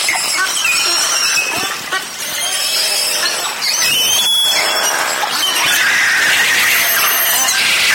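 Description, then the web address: Beluga whistles and squeals, many high thin tones rising and falling over a constant crackling wash of clicks, with a brief quieter patch early on. "valaat beluga"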